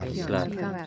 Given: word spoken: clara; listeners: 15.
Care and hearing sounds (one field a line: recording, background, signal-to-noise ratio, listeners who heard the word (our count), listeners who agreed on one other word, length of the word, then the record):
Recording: one Spanish word in noise, from a listening test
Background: four-talker babble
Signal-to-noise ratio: -0.4 dB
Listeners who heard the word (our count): 1 of 15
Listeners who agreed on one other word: 7 of 15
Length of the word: 0.47 s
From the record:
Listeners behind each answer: 7, 1, 1, 1, 1, 1, 1, 1, 1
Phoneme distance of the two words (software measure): 28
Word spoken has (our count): 2 syllables, 5 phonemes, stress on syllable 1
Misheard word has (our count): 2 syllables, 7 phonemes, stress on syllable 2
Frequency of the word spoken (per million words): 82.55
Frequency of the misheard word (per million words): 14.04